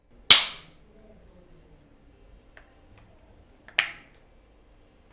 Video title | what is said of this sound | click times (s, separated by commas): GTR All-Terrain to Street Conversion Procedure - Evolve Skateboards | once we get to actually putting them on the board, but most of the time they'll just snap into place. | 0.3 s, 3.8 s